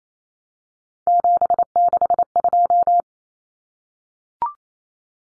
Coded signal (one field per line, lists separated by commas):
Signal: Morse code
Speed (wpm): 28 wpm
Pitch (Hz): 700 Hz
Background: none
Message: 762